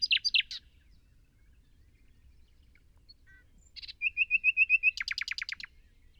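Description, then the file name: Common nightingale song: a harsh rattling start, a pause with soft notes, then a steady run of several identical whistled notes followed by a loud rapid rattle. "Luscinia megarhynchos"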